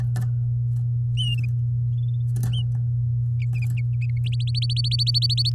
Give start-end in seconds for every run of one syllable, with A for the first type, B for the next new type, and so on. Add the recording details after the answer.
4.39-5.50 A. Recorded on 6 May 2018 at 12:35. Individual llb16